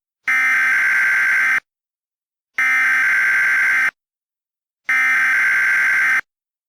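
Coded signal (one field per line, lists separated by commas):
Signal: Emergency Alert System (SAME) tones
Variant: header bursts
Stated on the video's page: Fictional mock EAS alert.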